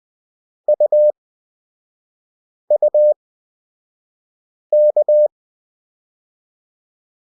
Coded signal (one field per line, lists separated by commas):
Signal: Morse code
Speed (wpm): 20 wpm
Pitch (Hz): 600 Hz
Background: none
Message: UUK